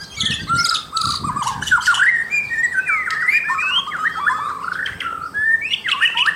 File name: suara murai batu mahkota